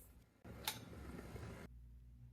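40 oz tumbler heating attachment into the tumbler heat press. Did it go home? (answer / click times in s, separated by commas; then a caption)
yes / 0.7 s. The 40 oz tumbler heating attachment for the HTVRONT A200 Auto Tumbler Heat Press is slid into the press's two connector slots, with the press opened slightly and before the machine is plugged in. A broadband rustling noise runs from about 0.4 s to 1.7 s, with a sharp, bright click at 0.7 s. The attachment clicks in and is seated.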